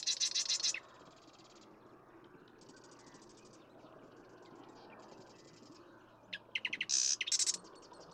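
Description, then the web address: Marsh Wren songs: a loud chattering rattle, then several fainter buzzy trills, and a second loud burst of harsh notes near the end. "birdsongforthecurious Marsh Wren"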